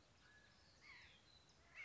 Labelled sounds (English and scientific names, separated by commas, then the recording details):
Mountain Quail (Oreortyx pictus)
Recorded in Sonoma County, California